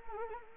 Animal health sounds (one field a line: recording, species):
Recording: mosquito wingbeat signal from an infrared sensor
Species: Anopheles arabiensis